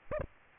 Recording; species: mosquito wingbeat signal from an infrared sensor; Aedes aegypti